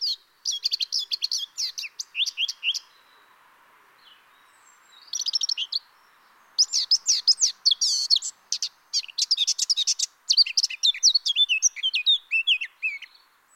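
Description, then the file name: Eurasian blackcap song: dense, fast warbling phrases of mixed whistled and scratchy notes, broken by short pauses and resuming several times. "Sylvia atricapilla"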